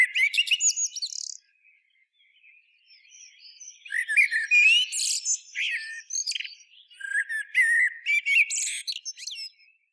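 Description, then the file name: Common blackbird song in several bursts of squeaky, chattering twitters and high thin notes, with short quiet gaps between phrases. "Turdus merula"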